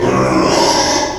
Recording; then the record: squeal of a Yucatan mini pig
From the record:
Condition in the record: before surgery on the right vocal fold (resection and tissue-engineered implant); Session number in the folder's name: 1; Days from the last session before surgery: -3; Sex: male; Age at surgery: 12 weeks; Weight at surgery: 13 kg